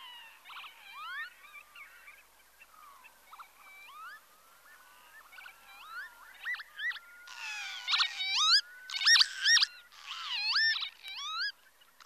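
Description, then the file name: Northern lapwing calls, wheezy slurred notes that rise and fall, repeated often, louder toward the end with harsh noisy bursts among them. "Tofsvipa"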